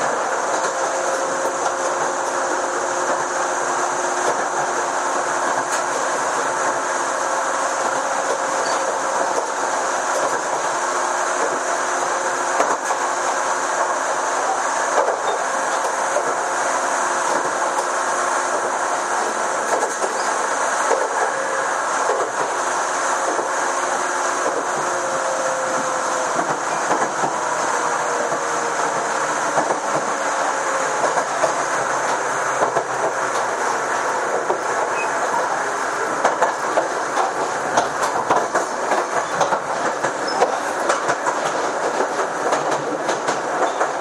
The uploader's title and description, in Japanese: 秩父鉄道6000系 寄居〜熊谷。6000系で運転されている急行を録音